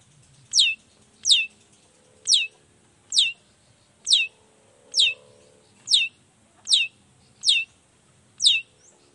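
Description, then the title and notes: Long-tailed shrike calls: a high, downslurred sharp note repeated steadily, with faint low background rumble. Vigorous ('gacor') morning singing with 'toet toet' sound variations; presented as making any other shrike immediately answer ('nyaut') and open up its repertoire ('buka materi'). "Langsung NYAUTTTTT ! Cendet Gacor Dor Di Kala Pagi Toet Toet Variasi Suara J. Nyaut Seketika.! Cendet Gacor Pagi Hari Biangnya Bikin Cendet Manapun Langsung On Nyaut Buka Materi. Burung cendet"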